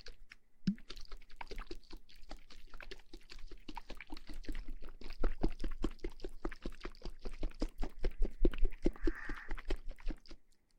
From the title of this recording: Shaking water bottle & Ear massage